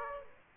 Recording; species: mosquito wingbeat signal from an infrared sensor; Aedes aegypti